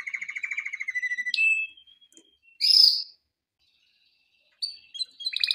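Canary phrases, a quick trill and a whistled note, then a short burst and a pause before rapid chips and another trill resume.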